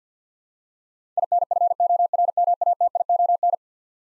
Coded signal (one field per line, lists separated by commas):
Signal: Morse code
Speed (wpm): 50 wpm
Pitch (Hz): 700 Hz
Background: none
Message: INFORMATION